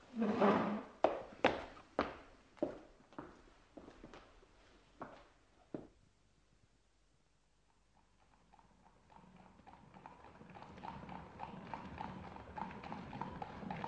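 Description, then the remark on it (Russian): Crisp clip-clopping hooves of a horse-drawn carriage waiting at the door, roughly ten sharp knocks over several seconds, then silence before a low, steady rolling rumble slowly swells. “Мой экипаж у дверей.”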